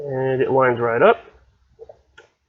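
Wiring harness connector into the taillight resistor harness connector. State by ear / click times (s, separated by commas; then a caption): seated / 2.2 s. Someone talks, then a taillight wiring harness connector is pushed onto its mating plastic connector on the resistor harness. Faint sounds come first, then a sharp click at 2.2 s as the connector seats and locks in place.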